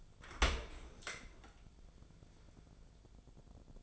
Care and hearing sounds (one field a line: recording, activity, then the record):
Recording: daily activity, microphone in the room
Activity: open dishwasher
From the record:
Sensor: 5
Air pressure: 1000.6 hPa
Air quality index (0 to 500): 164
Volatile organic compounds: 2 ppm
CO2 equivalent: 1260 ppm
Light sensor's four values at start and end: 48/109/47/51 and 49/110/48/52